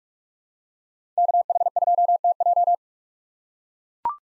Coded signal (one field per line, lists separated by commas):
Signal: Morse code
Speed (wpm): 43 wpm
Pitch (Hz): 700 Hz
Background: none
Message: KH2TJ